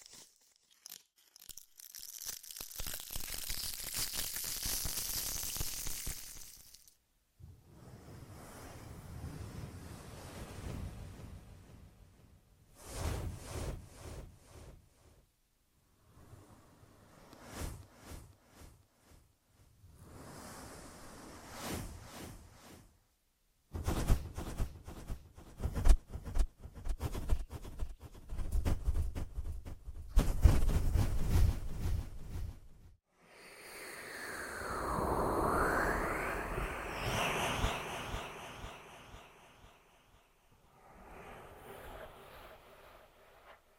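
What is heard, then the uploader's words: Ear massage: bursts of rough, rustling rubbing separated by short silences, with a swelling whooshing sweep near thirty-five seconds. ASMR Echoed Triggers. Ear Massage.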